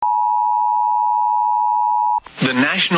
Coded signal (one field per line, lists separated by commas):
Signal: Emergency Alert System (SAME) tones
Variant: 853 and 960 Hz attention tone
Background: speech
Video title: EAS 197: SVR for Pearl River County in Mississippi (NWS Baton Rouge) (97.9 WCPR FM)